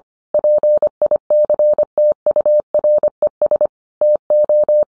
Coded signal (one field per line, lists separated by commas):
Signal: Morse code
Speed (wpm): 25 wpm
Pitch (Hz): 600 Hz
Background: none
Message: PICTURES TO